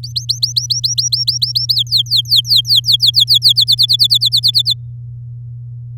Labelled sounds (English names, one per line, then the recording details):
Domestic Canary song
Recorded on 10 May 2018 at 15:05
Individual llb16